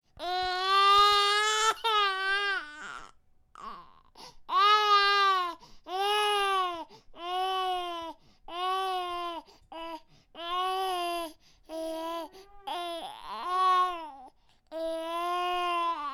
Monotonous baby crying.